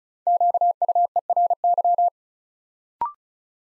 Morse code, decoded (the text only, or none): QUERY